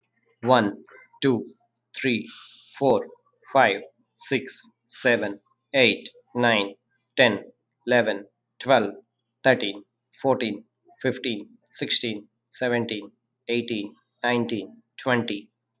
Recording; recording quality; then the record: counting at a normal pace; excellent, no background noise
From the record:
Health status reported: COVID-19 positive, no symptoms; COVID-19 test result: positive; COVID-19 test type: RT-PCR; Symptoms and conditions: cold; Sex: male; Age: 40 years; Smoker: no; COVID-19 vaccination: both doses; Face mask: not worn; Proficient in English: yes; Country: India